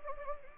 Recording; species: mosquito wingbeat signal from an infrared sensor; Anopheles gambiae